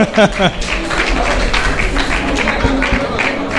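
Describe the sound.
An audience applauds steadily for several seconds, a dense crackle of many clapping hands, with a brief voice or shout rising over it at the start.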